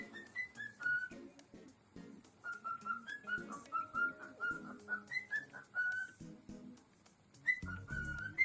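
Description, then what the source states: Cockatiel whistling, a run of short clear notes near the same pitch, some with slight wavering, broken by a pause then resuming, over soft clicks and low background rumble. Lutino colour variety.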